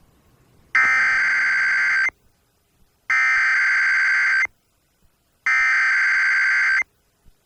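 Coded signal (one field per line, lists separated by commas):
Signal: Emergency Alert System (SAME) tones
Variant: header bursts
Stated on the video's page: Required Monthly Tests for an earthquake and tsunami drill, relayed by NOAA Weather Radio, cable and FM, recorded from a Reecom R-1630 weather radio, a stereo, and a DVD recorder.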